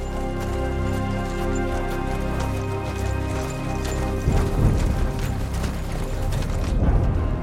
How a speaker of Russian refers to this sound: Лошади и люди идут вдоль покрытого снегом берега реки. Вокруг них зеленые горы.